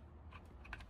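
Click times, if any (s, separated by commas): none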